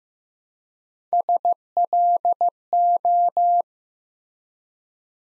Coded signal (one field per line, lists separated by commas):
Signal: Morse code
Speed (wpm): 15 wpm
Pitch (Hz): 700 Hz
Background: none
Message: SLO